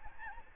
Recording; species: mosquito wingbeat signal from an infrared sensor; Aedes albopictus